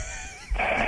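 A faint, quiet stretch of shallow breathing gives way after half a second to a sudden loud, rough, whistling snore-like breath. This is a big recovery breath following a run of shallow breathing, a pattern typical of sleep apnea in a sleeping adult.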